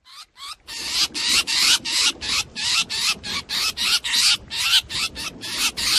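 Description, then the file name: Drongo distress calls: loud, buzzy rasps following one another about three times a second. Distress call (calling for help), used for luring. "Tieng cheo beo keu cuu"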